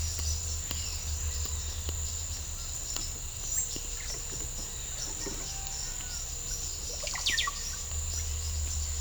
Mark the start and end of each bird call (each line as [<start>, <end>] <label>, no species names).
[0.00, 1.76] bird call
[2.08, 9.00] bird call